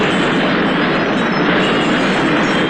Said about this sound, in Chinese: 在两人奔出百货公司的最后一刻，炸弹爆炸了，陈康腿部受了伤。